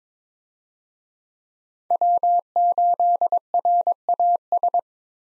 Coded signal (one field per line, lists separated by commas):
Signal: Morse code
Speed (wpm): 22 wpm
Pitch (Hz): 700 Hz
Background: none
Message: W8RAS